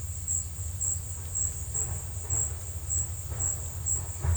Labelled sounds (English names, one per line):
none